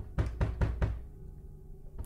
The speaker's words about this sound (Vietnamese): nghe tiếng đập cửa rầm rầm bèn bật dậy.